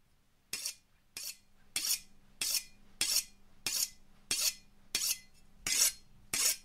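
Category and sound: tool, knife being sharpened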